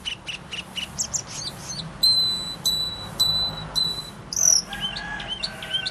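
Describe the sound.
Bird song of quick chirps, then several thin level whistles, followed by a single sharp high note and softer calls.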